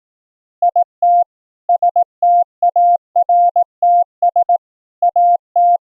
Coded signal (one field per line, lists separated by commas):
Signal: Morse code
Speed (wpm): 17 wpm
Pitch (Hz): 700 Hz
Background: none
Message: IT STARTS AT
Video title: Transmit & Receive CW morse code over the FAMILY RADIO SERVICE(FRS) 2-way radios - LIVE demo